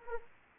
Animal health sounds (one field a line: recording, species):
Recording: mosquito wingbeat signal from an infrared sensor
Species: Anopheles arabiensis